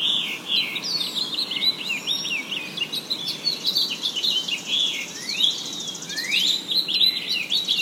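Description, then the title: Bird chirps in a busy stream, interrupted by two rising whistles in the second half, over a continuous faint hiss. Forest, Kennebunkport, Maine, USA. "丛林中的鸟叫_美国缅因州肯纳邦克波特"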